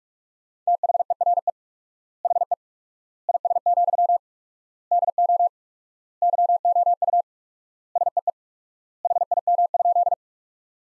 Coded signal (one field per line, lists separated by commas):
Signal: Morse code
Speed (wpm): 46 wpm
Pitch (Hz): 700 Hz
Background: none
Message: THERE HE IS, DO YOU SEE HIM?